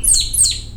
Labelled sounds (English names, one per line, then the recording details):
Stitchbird song
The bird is a male
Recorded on Tiritiri Matangi Island, New Zealand, in 2005
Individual 20, of nest box 28